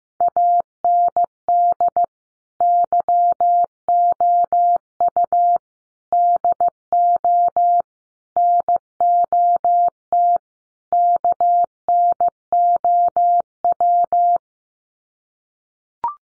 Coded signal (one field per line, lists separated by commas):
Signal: Morse code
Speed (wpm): 15 wpm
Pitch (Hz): 700 Hz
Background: none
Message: AND YOU DO NOT KNOW